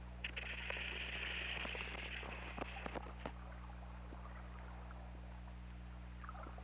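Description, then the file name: Orca call underwater, a drawn-out harmonic tone lasting nearly two seconds, with scattered sharp clicks and a steady low hum throughout. Hydrophone recording from OrcaLab, 16 February 2018, evening at 20:02. "Orca Lab UTLN JASON 20180216 200245"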